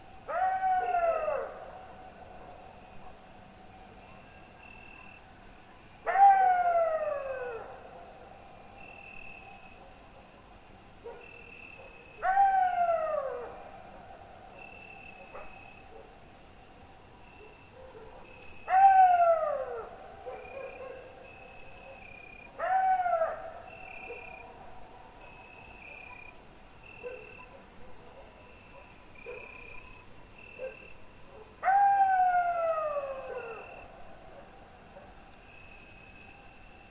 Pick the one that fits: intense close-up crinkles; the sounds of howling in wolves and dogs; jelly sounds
the sounds of howling in wolves and dogs